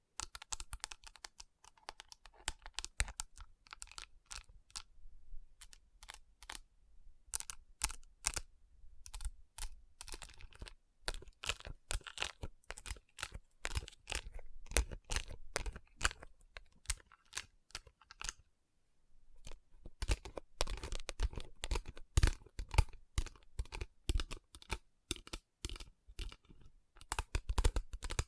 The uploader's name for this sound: Tapping & Rubbing Rhinestone Covered Palms